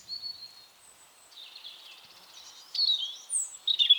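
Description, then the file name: European robin song heard as soft, thin high notes building into brighter, quick twittering phrases near the end. "Erithacus rubecula"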